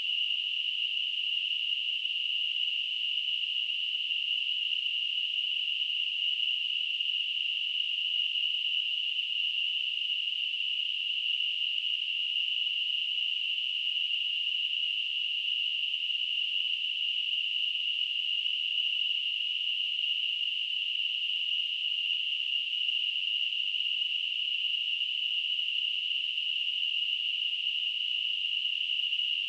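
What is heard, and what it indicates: Simulated tinnitus: a steady, continuous high-pitched ringing hiss, a narrow band of noise centered near 3 kHz, with no low-frequency content and an unchanging level throughout.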